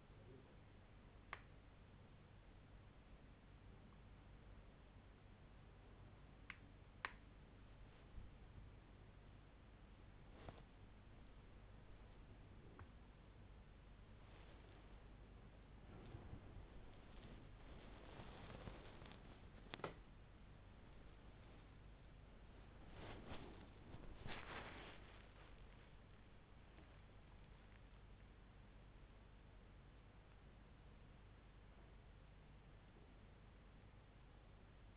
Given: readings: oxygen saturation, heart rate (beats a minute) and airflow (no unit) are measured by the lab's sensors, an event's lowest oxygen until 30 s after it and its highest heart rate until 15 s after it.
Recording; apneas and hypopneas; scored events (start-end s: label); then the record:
a person awake in a sleep study, by a voice recorder at the bedside; none
29.00-34.97 s: awake
From the record:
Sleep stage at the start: awake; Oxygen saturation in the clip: 95 to 97%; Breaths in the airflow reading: 11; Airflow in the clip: -6.4 to 6.2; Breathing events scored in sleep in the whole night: 368 in 8.0 hours asleep